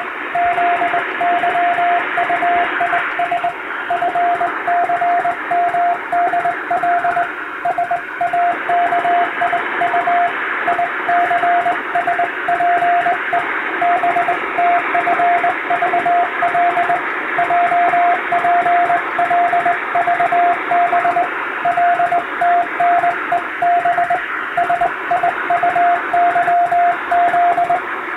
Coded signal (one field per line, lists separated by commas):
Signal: Morse code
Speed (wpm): 21 wpm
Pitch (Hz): 700 Hz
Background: radio noise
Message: ZYUIS FCMDL SAKIU ICSPE BTFVL JPLVB LTNEB SIUYZ